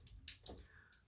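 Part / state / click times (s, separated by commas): double-edge razor blade into a safety razor head / seated / 0.3 s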